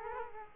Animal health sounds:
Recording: mosquito wingbeat signal from an infrared sensor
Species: Culex quinquefasciatus

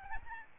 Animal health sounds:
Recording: mosquito wingbeat signal from an infrared sensor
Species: Aedes albopictus

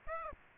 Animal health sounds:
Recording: mosquito wingbeat signal from an infrared sensor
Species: Aedes aegypti

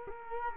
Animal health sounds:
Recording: mosquito wingbeat signal from an infrared sensor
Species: Culex quinquefasciatus

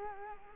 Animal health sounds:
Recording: mosquito wingbeat signal from an infrared sensor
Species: Culex quinquefasciatus

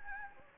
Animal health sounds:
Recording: mosquito wingbeat signal from an infrared sensor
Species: Anopheles gambiae

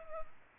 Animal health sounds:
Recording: mosquito wingbeat signal from an infrared sensor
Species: Culex pipiens

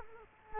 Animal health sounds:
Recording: mosquito wingbeat signal from an infrared sensor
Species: Culex quinquefasciatus

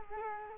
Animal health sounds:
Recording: mosquito wingbeat signal from an infrared sensor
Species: Culex quinquefasciatus

